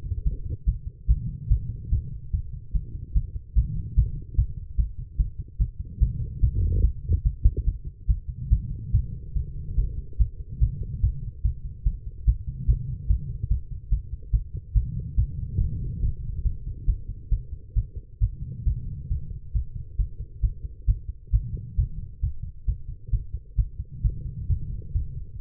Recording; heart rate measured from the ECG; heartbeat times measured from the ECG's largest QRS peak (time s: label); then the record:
heart sounds by stethoscope; 141 bpm
0.24 s: heartbeat
0.66 s: heartbeat
1.07 s: heartbeat
1.49 s: heartbeat
1.90 s: heartbeat
2.32 s: heartbeat
2.73 s: heartbeat
3.14 s: heartbeat
3.55 s: heartbeat
3.96 s: heartbeat
4.36 s: heartbeat
4.77 s: heartbeat
5.17 s: heartbeat
5.58 s: heartbeat
6.00 s: heartbeat
6.41 s: heartbeat
6.82 s: heartbeat
7.24 s: heartbeat
7.65 s: heartbeat
8.07 s: heartbeat
8.50 s: heartbeat
8.92 s: heartbeat
9.34 s: heartbeat
9.76 s: heartbeat
10.18 s: heartbeat
10.60 s: heartbeat
11.02 s: heartbeat
11.43 s: heartbeat
11.84 s: heartbeat
12.26 s: heartbeat
12.67 s: heartbeat
13.08 s: heartbeat
13.49 s: heartbeat
13.90 s: heartbeat
14.32 s: heartbeat
14.74 s: heartbeat
15.16 s: heartbeat
15.59 s: heartbeat
16.01 s: heartbeat
16.43 s: heartbeat
16.86 s: heartbeat
17.30 s: heartbeat
17.75 s: heartbeat
18.20 s: heartbeat
18.65 s: heartbeat
19.09 s: heartbeat
19.53 s: heartbeat
19.97 s: heartbeat
20.42 s: heartbeat
20.86 s: heartbeat
21.32 s: heartbeat
21.77 s: heartbeat
22.21 s: heartbeat
22.66 s: heartbeat
23.11 s: heartbeat
23.57 s: heartbeat
24.03 s: heartbeat
24.48 s: heartbeat
24.93 s: heartbeat
25.38 s: heartbeat
From the record:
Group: healthy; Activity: rest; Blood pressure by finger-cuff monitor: 118/79 mmHg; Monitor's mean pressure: 90 mmHg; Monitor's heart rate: 143 bpm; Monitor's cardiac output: 12.4 L/min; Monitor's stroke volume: 85 mL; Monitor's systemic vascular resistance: 540 dyn s/cm5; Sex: female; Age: 19 years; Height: 163 cm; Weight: 51 kg